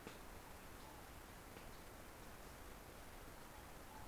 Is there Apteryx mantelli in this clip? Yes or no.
no